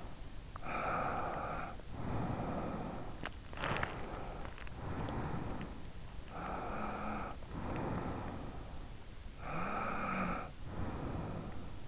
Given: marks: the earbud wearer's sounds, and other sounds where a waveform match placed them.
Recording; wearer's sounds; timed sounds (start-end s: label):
sounds in sleep by an in-ear microphone; breath, teeth grinding
0.00-5.94 s: breath
3.31-4.51 s: teeth grinding
6.17-9.03 s: breath
9.37-11.88 s: breath